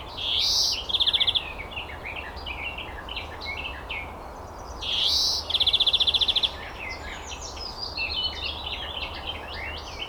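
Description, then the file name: European greenfinch giving a rough, wheezy note and then a fast rattling trill, twice, amid much other twittering. "Chloris chloris"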